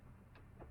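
A trim removal tool pries the last top retaining pin of a plastic door trim panel out of the metal door of a Nissan Frontier. A short, sharp pop sounds at 0.35 s over a quiet background. The pin releases from the door.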